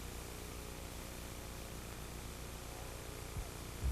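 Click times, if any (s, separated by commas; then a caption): none. A flash unit is slid into a camera's hot shoe mount over a steady hiss and low hum, with a faint bump near 3.4 s and a louder low thump right at the end. Nothing has seated or locked into place yet.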